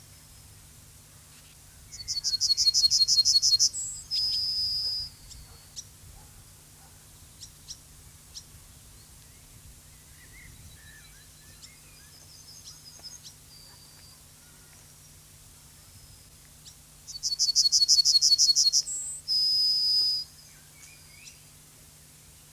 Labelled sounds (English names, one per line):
Yellowhammer song